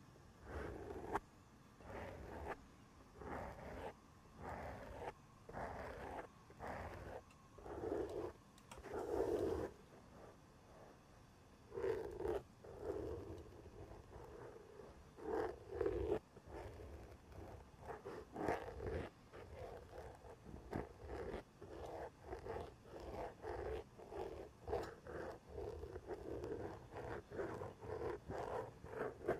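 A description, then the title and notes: Fingernails scratch at the elbow pad of an old sweater in quick, uneven bursts of rough rasping. The strokes come in clusters of short scrapes with brief pauses, some runs louder and harsher around the middle, over a low constant rumble. Sounds like: having your shaved head rubbed in a circle, tracing a kneecap under leggings, scratching the elbow pad of an old sweater.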